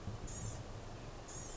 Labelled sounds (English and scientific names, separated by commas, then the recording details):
Blue-gray Gnatcatcher (Polioptila caerulea)
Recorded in Sonoma County, California